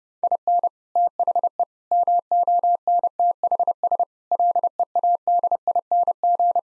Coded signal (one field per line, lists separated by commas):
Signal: Morse code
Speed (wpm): 30 wpm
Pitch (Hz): 700 Hz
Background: none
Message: IN THE MONTHS LEADING